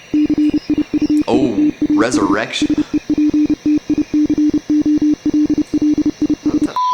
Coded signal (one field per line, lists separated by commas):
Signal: Morse code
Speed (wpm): 30 wpm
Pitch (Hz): 300 Hz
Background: speech, radio noise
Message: CIUITAS SEPTICOLLIS